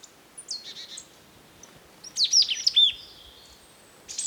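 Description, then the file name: Marsh tit calls: soft high notes early, then a louder cluster of sharp chirps and a buzzy note, followed by quiet and a final burst. "Poecile palustris"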